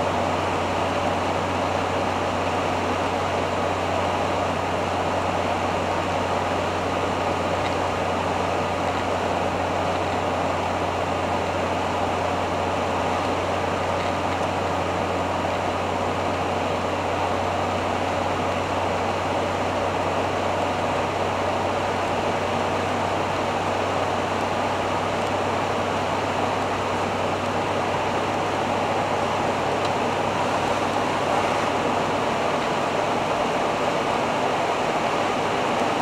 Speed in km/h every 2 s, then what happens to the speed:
83, 82, 82, 82, 82, 82, 82, 82, 83, 83, 85, 85, 86, 87, 87, 88, 89, 90.
0-36 steady at about 83.